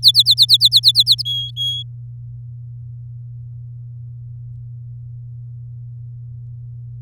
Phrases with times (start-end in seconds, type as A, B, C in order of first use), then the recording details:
0.02-1.22 A, 1.25-1.83 B. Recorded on 7 May 2018 at 17:08. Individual llb16